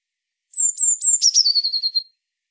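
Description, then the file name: Eurasian blue tit giving a very high thin call series, sliding down in pitch through a run of quick notes, then ending in a short fluttering trill; no other sounds. "Cyanistes caeruleus"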